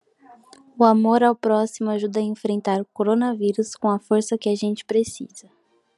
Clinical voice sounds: spoken sentence; Brazilian Portuguese; female; 20 to 29 years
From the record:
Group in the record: control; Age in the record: 21 years

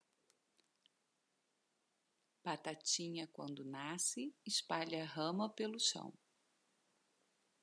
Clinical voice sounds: short text; Brazilian Portuguese; female; 40 to 49 years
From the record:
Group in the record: control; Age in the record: 49 years

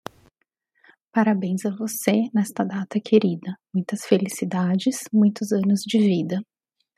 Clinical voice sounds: short text; Brazilian Portuguese; female; 40 to 49 years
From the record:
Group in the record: control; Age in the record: 44 years

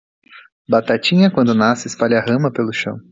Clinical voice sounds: short text; Brazilian Portuguese; female; 20 to 29 years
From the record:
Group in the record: control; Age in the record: 23 years

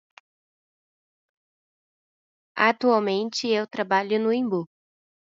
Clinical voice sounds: short text; Brazilian Portuguese; female; 18 to 19 years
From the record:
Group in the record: control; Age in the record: 19 years

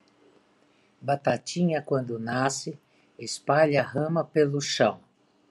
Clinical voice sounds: short text; Brazilian Portuguese; female; 60 to 69 years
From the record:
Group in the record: control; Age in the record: 69 years

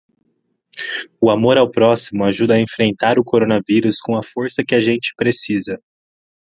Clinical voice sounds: spoken sentence; Brazilian Portuguese; male; 20 to 29 years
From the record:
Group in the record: control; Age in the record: 21 years

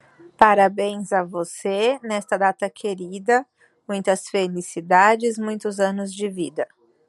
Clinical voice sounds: short text; Brazilian Portuguese; female; 30 to 39 years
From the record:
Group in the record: control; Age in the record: 37 years

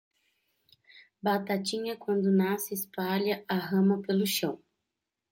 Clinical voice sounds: short text; Brazilian Portuguese; female; 20 to 29 years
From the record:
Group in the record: control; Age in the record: 25 years

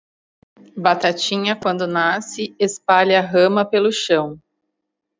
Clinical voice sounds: short text; Brazilian Portuguese; female; 40 to 49 years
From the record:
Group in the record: control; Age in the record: 40 years

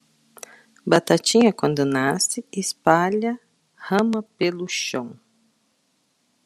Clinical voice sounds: short text; Brazilian Portuguese; female; 50 to 59 years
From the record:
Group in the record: control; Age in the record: 55 years

